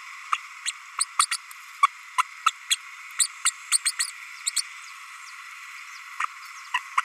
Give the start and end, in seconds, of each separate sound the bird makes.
0.32-0.37, 0.65-0.72, 0.98-1.05, 1.19-1.26, 1.31-1.37, 1.82-1.87, 2.17-2.23, 2.46-2.52, 2.70-2.76, 3.18-3.28, 3.45-3.52, 3.71-3.78, 3.85-3.92, 3.99-4.07, 4.46-4.51, 6.19-6.25, 6.73-6.79, 6.97-7.01